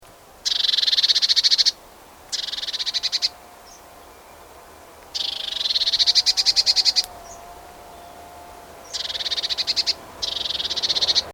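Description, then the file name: Eurasian blue tit giving harsh, buzzy churring bursts of rapid pulses, each about a second or two long, repeated five times with silent gaps of varying length between. "Cyanistes caeruleus"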